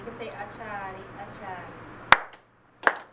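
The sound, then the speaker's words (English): People talk for a couple of seconds, then a group claps hands twice in unison after saying "Achadi, Achadi", which means clap: two sharp, loud claps a little under a second apart, each ending quickly in silence. “Say it and then we clap.”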